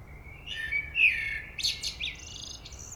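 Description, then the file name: Common blackbird song phrase: low fluted whistles warbling around the middle, then a burst of high squeaky twittering notes closing the phrase. "Turdus merula"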